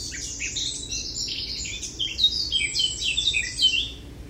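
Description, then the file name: Eurasian blackcap song, a lively stream of high scratchy and whistled notes. "Sylvia atricapilla"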